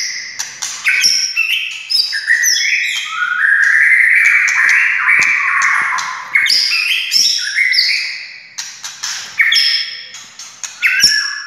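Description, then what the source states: White-rumped shama song: a dense, continuous stream of varied whistles, trills and sharp notes, with a warbled middle section and quick jumps in pitch. Wild forest bird.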